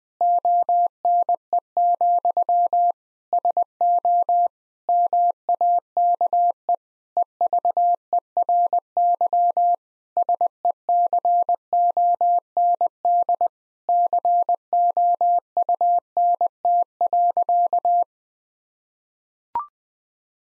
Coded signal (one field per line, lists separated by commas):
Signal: Morse code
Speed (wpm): 20 wpm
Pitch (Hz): 700 Hz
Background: none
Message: ONE, SO MAKE EVERY SECOND COUNT.